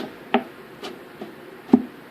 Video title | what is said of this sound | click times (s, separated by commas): Hoover Bagless with Twin Chamber | because every time you'd go to pull your filter out, as you can hear, it clicks down in | 0.3 s, 1.7 s